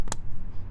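A plastic windshield washer fluid reservoir cap is pressed closed onto the reservoir filler neck after topping up the fluid. A faint tick at 0.1 s leads into a sharp, short snap at 0.1 s as the cap seats shut, followed by low steady background rumble.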